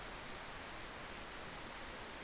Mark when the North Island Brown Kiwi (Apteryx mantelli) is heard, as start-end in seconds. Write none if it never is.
none